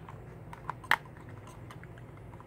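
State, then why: Seated. A plastic propeller guard is pushed onto the arm of a small Powerextra toy drone with a 1080p camera and snaps into place. A few faint ticks come before one sharp, loud click at 0.9 s, confirming the guard is seated.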